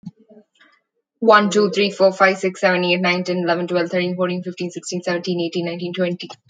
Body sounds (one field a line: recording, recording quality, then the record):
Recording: counting at a fast pace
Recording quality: moderate, slight background noise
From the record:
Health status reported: healthy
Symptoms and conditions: none ticked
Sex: female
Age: 23 years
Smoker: not ticked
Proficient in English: yes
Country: India